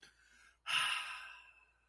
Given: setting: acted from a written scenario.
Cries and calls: vocal sound without words; contentment

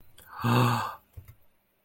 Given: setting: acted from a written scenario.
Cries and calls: vocal sound without words; awe

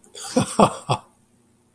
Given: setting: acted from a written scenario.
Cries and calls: vocal sound without words; amusement

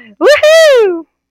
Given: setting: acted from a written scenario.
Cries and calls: vocal sound without words; elation

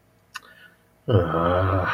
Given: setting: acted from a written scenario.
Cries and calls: vocal sound without words; guilt

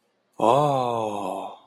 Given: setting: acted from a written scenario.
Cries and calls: vocal sound without words; awe

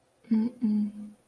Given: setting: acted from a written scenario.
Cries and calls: vocal sound without words; disappointment

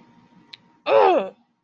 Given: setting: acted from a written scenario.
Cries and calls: vocal sound without words; anger

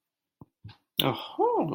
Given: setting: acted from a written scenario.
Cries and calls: vocal sound without words; positive surprise

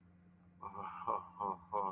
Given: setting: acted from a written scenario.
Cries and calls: vocal sound without words; ecstasy

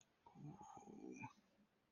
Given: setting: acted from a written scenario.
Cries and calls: vocal sound without words; romantic love

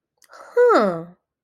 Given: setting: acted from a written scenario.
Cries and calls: vocal sound without words; interest

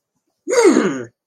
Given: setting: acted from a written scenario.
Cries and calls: vocal sound without words; triumph

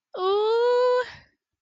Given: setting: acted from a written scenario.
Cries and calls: vocal sound without words; positive surprise

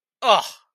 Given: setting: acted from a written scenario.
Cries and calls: vocal sound without words; anger

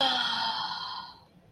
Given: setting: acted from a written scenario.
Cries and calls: vocal sound without words; ecstasy

